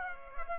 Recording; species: mosquito wingbeat signal from an infrared sensor; Culex pipiens